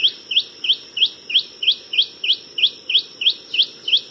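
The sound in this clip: Long-billed Spiderhunter calling in a fast, steady series of sharp, high chipping notes, about three per second, over a constant thin high hum and faint low background noise.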